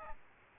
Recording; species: mosquito wingbeat signal from an infrared sensor; Aedes albopictus